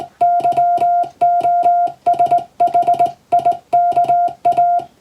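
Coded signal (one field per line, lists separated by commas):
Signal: Morse code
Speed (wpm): 19 wpm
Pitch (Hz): 700 Hz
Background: music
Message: YOSHIKA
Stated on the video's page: English-language Morse code practice taken from a European-language telegram practice book.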